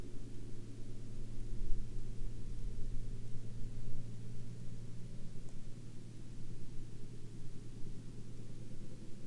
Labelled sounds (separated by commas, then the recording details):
truck
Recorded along the Dempster Highway, Canada, on 20 October 2019 at 10:43
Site 25